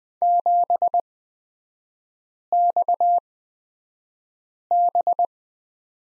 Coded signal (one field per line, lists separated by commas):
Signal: Morse code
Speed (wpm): 20 wpm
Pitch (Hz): 700 Hz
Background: none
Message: 7XB